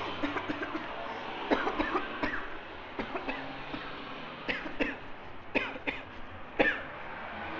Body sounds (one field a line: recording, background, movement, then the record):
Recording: voluntary coughing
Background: traffic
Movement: walking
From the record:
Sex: female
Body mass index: 36.4 kg/m2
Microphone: on the chest, facing outward